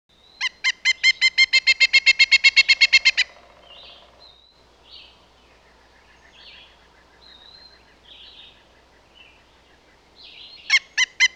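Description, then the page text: Pileated woodpecker giving a rapid, even series of loud wuk notes for about three seconds, then quiet with faint scattered bird notes, before another series starts near the end. "Pileated Woodpecker. Quick Sounds library"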